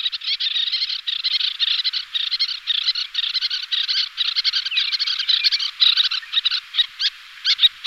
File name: sterna albifrons